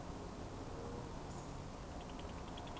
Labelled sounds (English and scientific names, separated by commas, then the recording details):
Eurasian Woodcock (Scolopax rusticola) whistle
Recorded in Baden-Württemberg, Germany, on 25 June 2020 at 20:26 UTC
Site 24578, 122 m above sea level